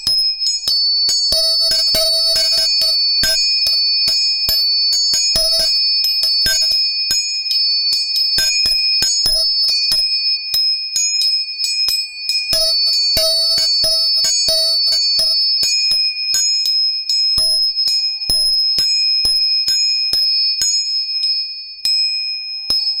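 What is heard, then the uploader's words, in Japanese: Tuning forks are struck and left ringing, giving steady, pure high tones that hold through the whole recording. Sharp metallic taps come in quick clusters, densest around the first few seconds and again midway, then thin out. Close and clear. 音叉チューニング3本。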